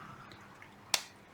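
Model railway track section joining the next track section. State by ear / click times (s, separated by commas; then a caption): seated / 0.9 s. A Kato N scale plastic track section with metal rail joiners is pressed onto the next track section. After two faint ticks around 0.3 and 0.6 seconds, a single sharp, bright click at 0.9 seconds marks the section snapping into place, seated.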